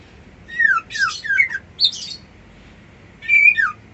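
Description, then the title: White-eye singing quick, descending whistled notes, a pause, then one more bright phrase. Song delivered in the style called ngerol ngalas. "Suara Burung Pleci Ngerol Ngalas"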